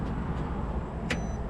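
A wiring connector is pushed one-handed onto a new malfunction management unit in a traffic signal cabinet, against a steady low hum of passing traffic. A sharp, bright click sounds at 1.1 s as the connector snaps in, confirming it is seated.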